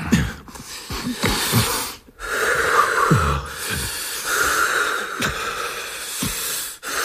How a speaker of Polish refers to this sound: Oddychamy.